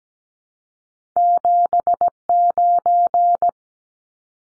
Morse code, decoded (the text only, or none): 79